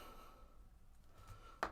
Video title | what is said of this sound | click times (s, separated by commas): [48] Cold Steel Pocket Bushman Review | push it forward and then kind of snaps back into place so it's it's interesting | 1.6 s